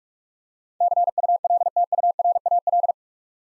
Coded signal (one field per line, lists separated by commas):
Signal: Morse code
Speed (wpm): 44 wpm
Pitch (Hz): 700 Hz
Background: none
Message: CULTURAL